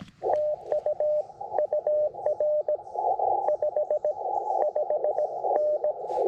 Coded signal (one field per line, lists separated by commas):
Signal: Morse code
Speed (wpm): 20 wpm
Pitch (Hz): 590 Hz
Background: radio noise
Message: TU UR 55N